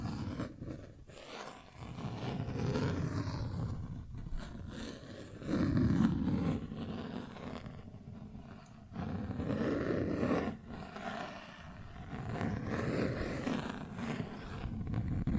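Plastic objects are scratched and rubbed in a rough, grinding texture weighted toward the low end, nearly continuous with short breaks around 1.5, 4, 8 and 11.5 seconds. The scraping swells loudest near 6 seconds and again from 9 to 10 seconds.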